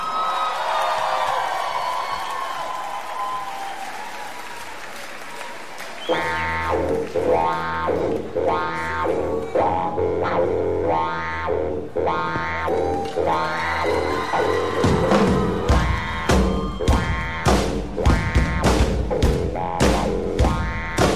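An audience claps and cheers in a steady wash of noise for several seconds, then loud music with a pulsing beat kicks in and takes over.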